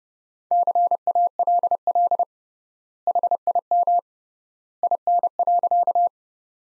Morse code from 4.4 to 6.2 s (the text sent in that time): IN.